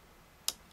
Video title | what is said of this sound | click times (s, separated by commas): Pfaff Performance 5.0 | you just pull it until it clicks in then you bring it around to the first little guide there | 0.5 s